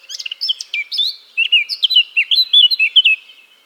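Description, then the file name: Eurasian blackcap pouring out a loud warble, rapid twittering notes giving way to clearer fluty whistles toward the end. "Sylvia atricapilla"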